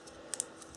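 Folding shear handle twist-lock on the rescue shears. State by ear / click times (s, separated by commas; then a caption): seated / 0.3 s, 0.4 s. The folding shear handle of Leatherman Raptor rescue shears is twisted open, and its metal twist-lock clicks into the locked position with two sharp clicks at 0.3 s and 0.4 s. Two fainter ticks follow at about 0.6 s and 0.8 s, and the shears end up locked in place.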